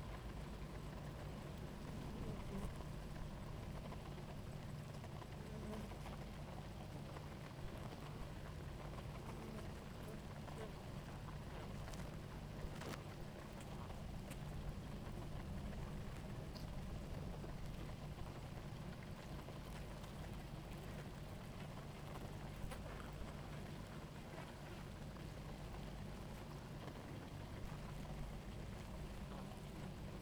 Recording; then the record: honeybee colony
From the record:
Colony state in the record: active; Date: 28 July 2017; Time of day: 17:50